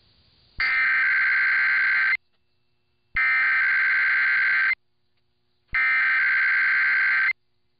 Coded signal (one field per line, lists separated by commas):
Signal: Emergency Alert System (SAME) tones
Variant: header bursts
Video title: Required Weekly Test on 1020 KDKA-AM Pittsburgh, PA (1/15/23) (EAS #1,883)